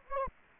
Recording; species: mosquito wingbeat signal from an infrared sensor; Anopheles gambiae